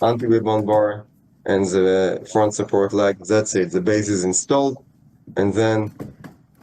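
An infant car seat carrier is being handled over its installed base, which has an anti-rebound bar and a front support leg. Someone talks throughout, and a brief faint knock comes at about 6.2 s. Nothing has seated or clicked yet.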